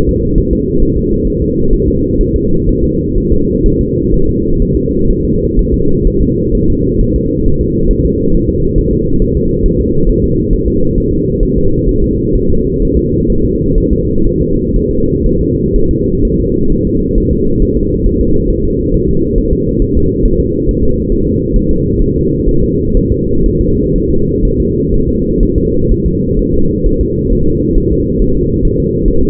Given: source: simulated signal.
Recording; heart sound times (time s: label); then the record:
fetal heart sounds
0.09 s: S2
0.38 s: S1
0.53 s: S2
0.82 s: S1
0.97 s: S2
1.27 s: S1
1.42 s: S2
1.73 s: S1
1.88 s: S2
2.21 s: S1
2.36 s: S2
2.69 s: S1
2.84 s: S2
3.18 s: S1
3.33 s: S2
3.66 s: S1
3.81 s: S2
4.14 s: S1
4.29 s: S2
4.62 s: S1
4.77 s: S2
5.10 s: S1
5.25 s: S2
5.59 s: S1
5.74 s: S2
6.07 s: S1
6.22 s: S2
6.55 s: S1
6.70 s: S2
7.01 s: S1
7.16 s: S2
7.46 s: S1
7.61 s: S2
7.91 s: S1
8.06 s: S2
8.35 s: S1
8.49 s: S2
8.78 s: S1
8.93 s: S2
9.22 s: S1
9.37 s: S2
9.66 s: S1
9.81 s: S2
10.09 s: S1
10.24 s: S2
10.53 s: S1
10.68 s: S2
10.98 s: S1
11.13 s: S2
11.43 s: S1
11.58 s: S2
11.89 s: S1
12.04 s: S2
12.35 s: S1
12.50 s: S2
12.82 s: S1
12.97 s: S2
13.30 s: S1
13.45 s: S2
13.78 s: S1
13.93 s: S2
14.27 s: S1
14.42 s: S2
14.76 s: S1
14.91 s: S2
15.26 s: S1
15.41 s: S2
15.76 s: S1
15.91 s: S2
16.25 s: S1
16.40 s: S2
16.72 s: S1
16.87 s: S2
17.18 s: S1
17.33 s: S2
17.62 s: S1
17.77 s: S2
18.06 s: S1
18.21 s: S2
18.50 s: S1
18.65 s: S2
18.94 s: S1
19.09 s: S2
19.38 s: S1
19.53 s: S2
19.82 s: S1
19.97 s: S2
20.25 s: S1
20.40 s: S2
20.69 s: S1
20.84 s: S2
21.12 s: S1
21.27 s: S2
21.56 s: S1
21.71 s: S2
22.02 s: S1
22.16 s: S2
22.49 s: S1
22.63 s: S2
22.97 s: S1
23.12 s: S2
23.46 s: S1
23.61 s: S2
23.96 s: S1
24.10 s: S2
24.45 s: S1
24.60 s: S2
24.94 s: S1
25.09 s: S2
25.43 s: S1
25.58 s: S2
25.91 s: S1
26.06 s: S2
26.39 s: S1
26.54 s: S2
26.86 s: S1
27.01 s: S2
27.32 s: S1
27.47 s: S2
27.78 s: S1
27.92 s: S2
28.22 s: S1
28.36 s: S2
28.65 s: S1
28.80 s: S2
29.08 s: S1
29.23 s: S2
From the record:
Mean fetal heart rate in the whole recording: 130 bpm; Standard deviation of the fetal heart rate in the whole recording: 4 bpm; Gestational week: 38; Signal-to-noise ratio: -16.4 dB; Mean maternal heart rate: 72 bpm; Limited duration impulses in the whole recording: present